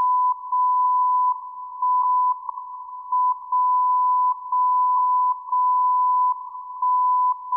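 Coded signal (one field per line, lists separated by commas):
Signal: radio time signal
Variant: WWVB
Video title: Airspy HF+ Discovery SDR with YouLoop Passive Loop Antenna WWVB @ 60 kHz from Fort Collins Colorado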